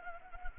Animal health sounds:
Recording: mosquito wingbeat signal from an infrared sensor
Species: Anopheles gambiae

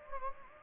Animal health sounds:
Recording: mosquito wingbeat signal from an infrared sensor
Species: Anopheles gambiae

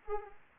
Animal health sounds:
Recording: mosquito wingbeat signal from an infrared sensor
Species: Anopheles arabiensis

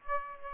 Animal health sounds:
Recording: mosquito wingbeat signal from an infrared sensor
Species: Aedes aegypti

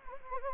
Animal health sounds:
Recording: mosquito wingbeat signal from an infrared sensor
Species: Anopheles gambiae

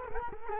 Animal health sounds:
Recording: mosquito wingbeat signal from an infrared sensor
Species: Culex quinquefasciatus

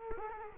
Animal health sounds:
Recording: mosquito wingbeat signal from an infrared sensor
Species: Culex quinquefasciatus

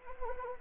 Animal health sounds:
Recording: mosquito wingbeat signal from an infrared sensor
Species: Anopheles arabiensis

